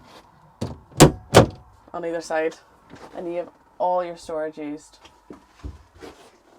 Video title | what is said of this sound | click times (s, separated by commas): NEW 2022 STOCK - Rapido I96 - Walk Through | press the mirror down here tons of storage there as well and then that simply just clicks back into place on | 1.0 s